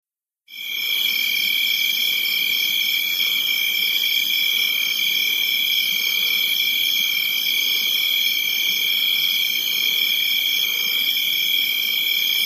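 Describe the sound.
Cricket: after a brief silence, a continuous shrill, high ringing trill begins and holds steady without pause.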